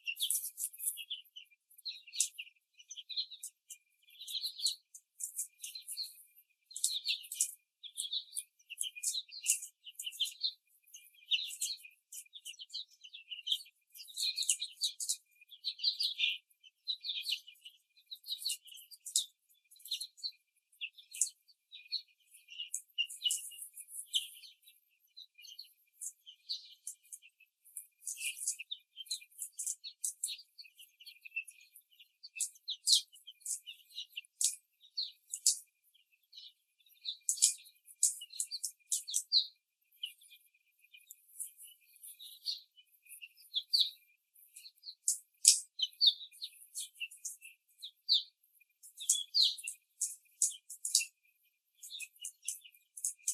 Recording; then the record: young laying hens in a cage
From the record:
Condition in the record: after the stressor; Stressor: simulated dog barking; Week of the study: 3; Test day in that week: 1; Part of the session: 2